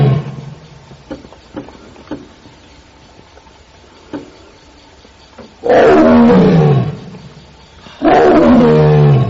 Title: Suara Harimau Sedang Memanggil